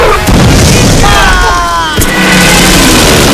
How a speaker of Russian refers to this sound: За спинами старшины и Нины раздается взрыв, они спрыгивают на окоп.